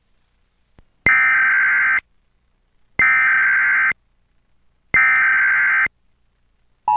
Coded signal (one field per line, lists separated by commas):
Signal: Emergency Alert System (SAME) tones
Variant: header bursts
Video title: Emergency Alert System Nationwide Test